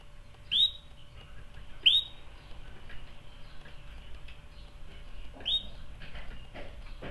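Canary chirping: three sharp rising notes, two close together then a longer gap, with soft clicks and background hiss.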